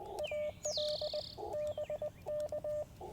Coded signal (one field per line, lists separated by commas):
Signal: Morse code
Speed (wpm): 20 wpm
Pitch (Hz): 600 Hz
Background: none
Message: AL BK